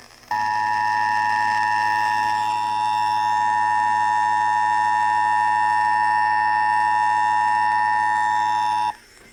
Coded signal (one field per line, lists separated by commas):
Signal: Emergency Alert System (SAME) tones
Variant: 853 and 960 Hz attention tone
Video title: Required Monthly Test for the State of Louisiana | EAS #138 - #141